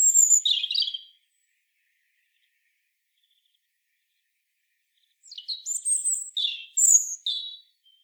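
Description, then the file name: European robin song: a short warbled phrase, a pause of about four seconds, then a longer sequence of high slurred whistles and jangling notes. "Erithacus rubecula"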